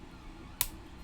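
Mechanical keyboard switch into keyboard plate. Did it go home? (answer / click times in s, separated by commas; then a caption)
yes / 0.6 s. A mechanical keyboard switch is pushed into a 2 mm copper keyboard plate. Against a low, steady background, one sharp, bright click rings out at 0.6 s as the switch clips fully into the plate and seats.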